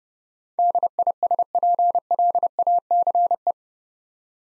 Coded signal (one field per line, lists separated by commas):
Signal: Morse code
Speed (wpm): 28 wpm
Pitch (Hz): 700 Hz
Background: none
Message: DISPLACE